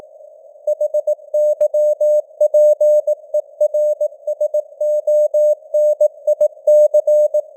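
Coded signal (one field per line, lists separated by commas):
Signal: Morse code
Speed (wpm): 18 wpm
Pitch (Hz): 600 Hz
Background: none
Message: HYPERSONIC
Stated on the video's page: Morse code news headlines at 18 wpm with simulated radio noise and varying signal strength (QSB).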